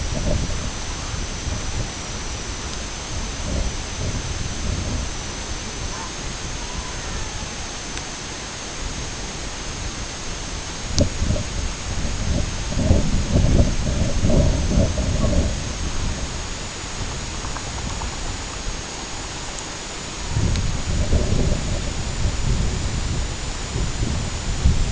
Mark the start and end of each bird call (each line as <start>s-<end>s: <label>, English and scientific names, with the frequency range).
5.88s-6.12s: Red-throated Loon (Gavia stellata) (0.8-2.2 kHz)
6.50s-7.76s: Red-throated Loon (Gavia stellata) (0.6-2.3 kHz)